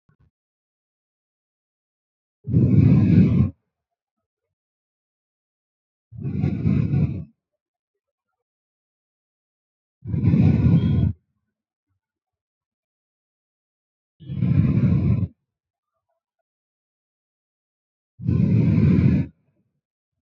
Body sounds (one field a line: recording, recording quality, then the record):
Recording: deep breathing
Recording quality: excellent, no background noise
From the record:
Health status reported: healthy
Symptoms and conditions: none ticked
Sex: female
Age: 24 years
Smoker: not ticked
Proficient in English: yes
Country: India